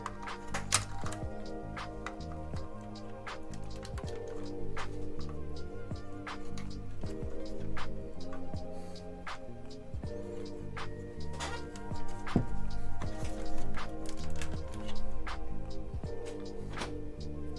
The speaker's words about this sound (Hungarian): Közben Nina írja, hogy a stream hatására a macskák korán vacsiztak, a legóval való zörgés, kaja zacskó zörgéstek hallották, nem hagytak békén, kaptak vacsit.